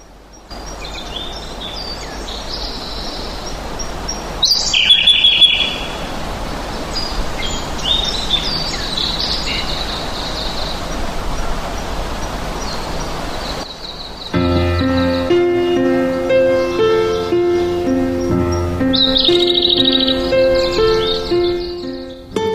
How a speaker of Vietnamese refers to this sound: Những cánh đồng ấy không mang cái từ green trong tên, nhưng lại có màu xanh cho đôi mắt ngắm và tiếng chim hót cho đôi tai nghe.